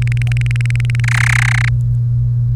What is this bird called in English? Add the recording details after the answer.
Domestic Canary. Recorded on 1 May 2018 at 10:28. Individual llb3